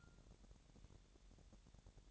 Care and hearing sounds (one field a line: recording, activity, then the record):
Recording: daily activity, microphone in the room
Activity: take from stove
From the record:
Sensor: 3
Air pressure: 1012.0 hPa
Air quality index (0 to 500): 217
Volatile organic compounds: 4 ppm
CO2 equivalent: 1619 ppm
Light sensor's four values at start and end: 94/221/92/82 and 94/221/92/82